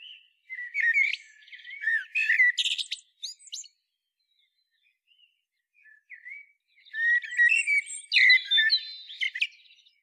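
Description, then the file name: Common blackbird giving rapid, twittering phrases of squeaks and short whistles, a quiet gap with a few soft notes, then another busy, high-pitched twittering run. "Turdus merula"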